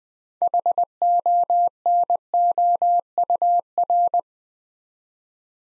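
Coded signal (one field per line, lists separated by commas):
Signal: Morse code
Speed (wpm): 20 wpm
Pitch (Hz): 700 Hz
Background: none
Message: HONOUR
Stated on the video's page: Morse word-building drill at 20 wpm: 6-letter words sent three letters at a time.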